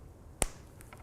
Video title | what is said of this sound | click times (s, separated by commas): Little Ghostie Amigurumi | And I'm going to push this together. And you should be able to hear it click | 0.4 s